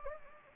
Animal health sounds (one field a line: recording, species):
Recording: mosquito wingbeat signal from an infrared sensor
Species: Anopheles gambiae